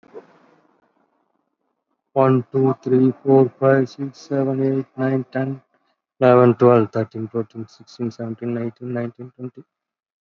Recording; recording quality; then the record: counting at a fast pace; excellent, no background noise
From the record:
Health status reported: COVID-19 positive, moderate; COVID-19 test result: positive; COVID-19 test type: RT-PCR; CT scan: taken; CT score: 13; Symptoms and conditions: cough, cold, breathing difficulty, fever, fatigue, muscle pain, another respiratory illness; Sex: male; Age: 51 years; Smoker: no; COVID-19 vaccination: one dose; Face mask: worn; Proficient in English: yes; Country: India